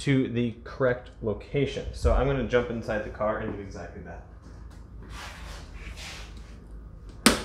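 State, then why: Seated. Someone talks over the first four seconds, then there is quieter shuffling as the throttle valve cable self-adjuster, reset on a YJ automatic transmission, is pulled into its correct position by flooring the accelerator pedal from inside the vehicle. A single sharp pop at 7.3 s is the adjuster's slider seating into place.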